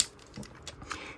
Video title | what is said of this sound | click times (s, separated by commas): FansToys FT-31B SPOILER / Stunticon Magnum Transformation - Robot to Vehicle Mode | And you need to make sure you get that snapped in place like so. | 0.4 s